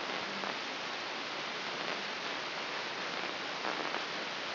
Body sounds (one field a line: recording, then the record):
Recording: brain microelectrode recording played as sound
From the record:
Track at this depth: inside the subthalamic nucleus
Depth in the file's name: 6.508 mm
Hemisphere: left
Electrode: 3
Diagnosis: Parkinson's disease